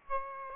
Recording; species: mosquito wingbeat signal from an infrared sensor; Aedes aegypti